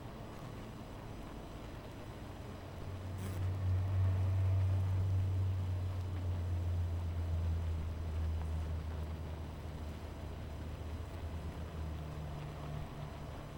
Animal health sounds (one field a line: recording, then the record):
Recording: honeybee colony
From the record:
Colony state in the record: missing queen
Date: 14 July 2017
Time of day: 13:32